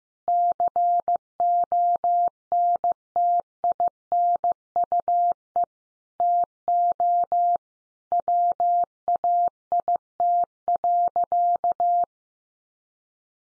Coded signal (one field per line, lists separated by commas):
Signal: Morse code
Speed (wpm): 15 wpm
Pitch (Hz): 700 Hz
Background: none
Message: CONTINUE TO WAIT.